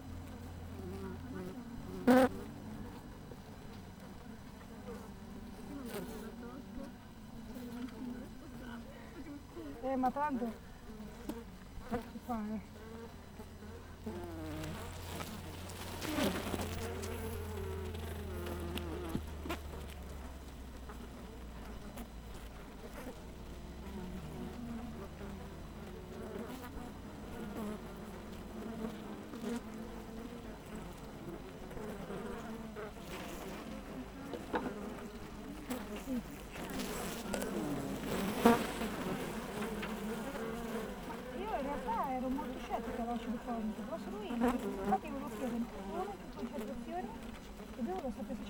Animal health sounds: honeybee colony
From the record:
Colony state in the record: missing queen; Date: 14 July 2017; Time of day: 7:21

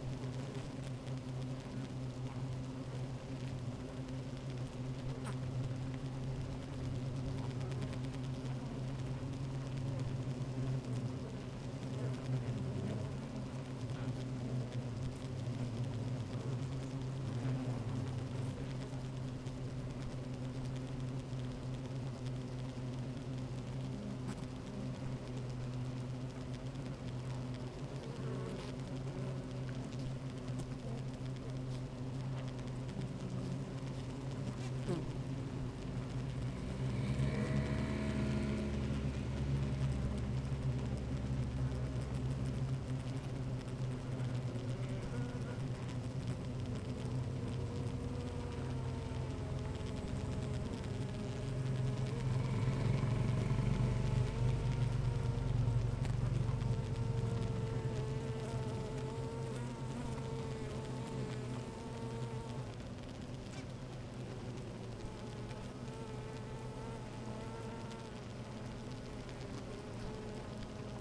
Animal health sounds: honeybee colony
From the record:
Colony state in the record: active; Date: 28 July 2017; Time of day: 12:11

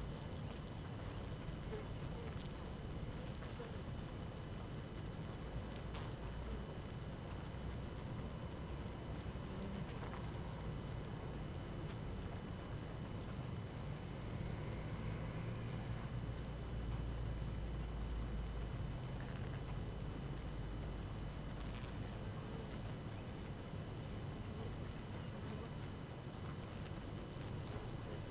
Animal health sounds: honeybee colony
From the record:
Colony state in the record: active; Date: 12 June 2018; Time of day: 4:26

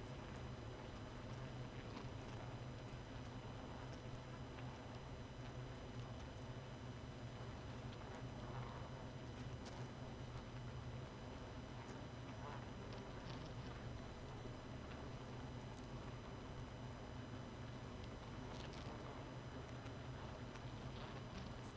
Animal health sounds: honeybee colony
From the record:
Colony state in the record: missing queen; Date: 31 May 2018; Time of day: 1:15

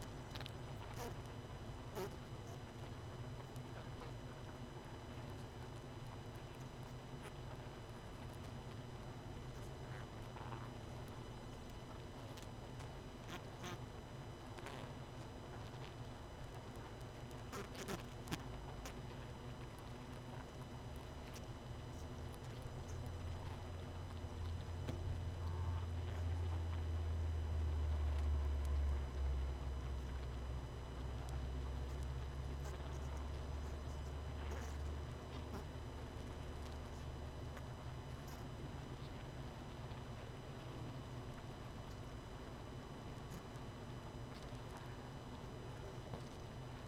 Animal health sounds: honeybee colony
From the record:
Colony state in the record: missing queen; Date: 31 May 2018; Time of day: 21:28

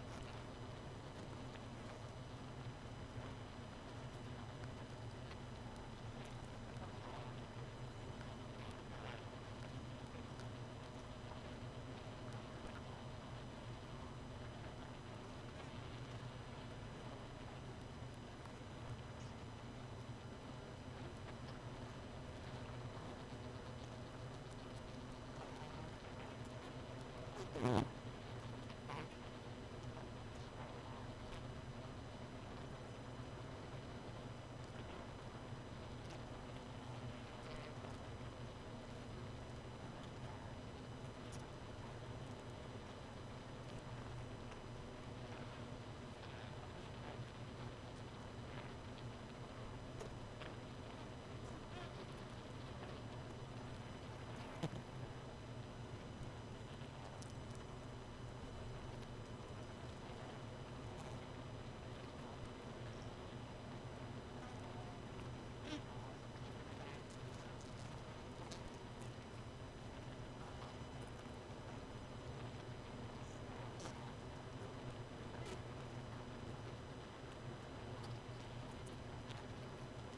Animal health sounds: honeybee colony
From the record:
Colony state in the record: missing queen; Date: 31 May 2018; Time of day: 2:04

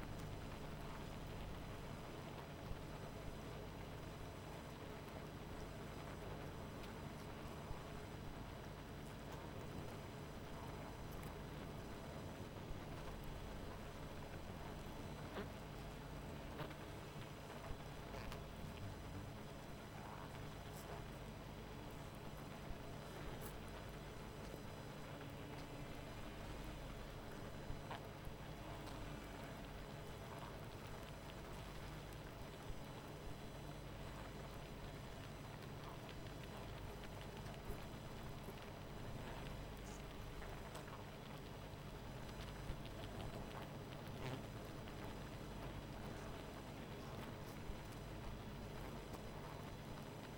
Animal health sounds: honeybee colony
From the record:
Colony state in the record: missing queen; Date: 14 July 2017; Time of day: 19:28

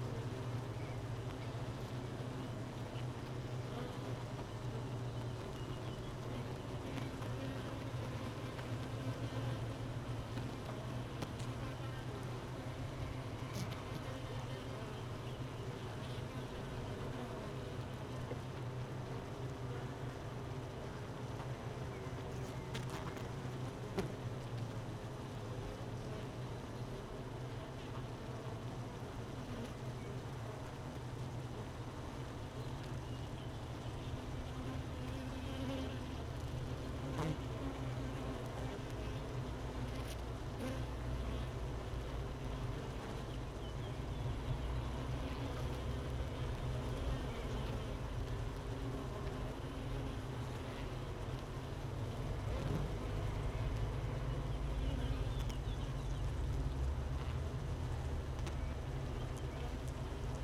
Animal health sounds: honeybee colony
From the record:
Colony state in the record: missing queen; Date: 31 May 2018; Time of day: 13:03

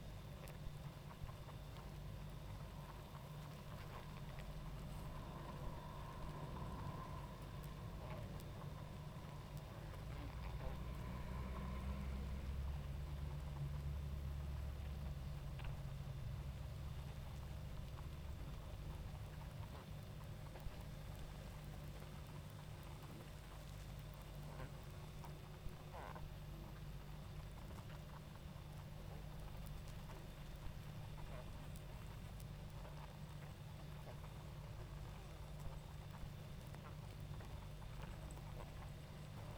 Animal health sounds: honeybee colony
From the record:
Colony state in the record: active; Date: 28 July 2017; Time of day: 20:03

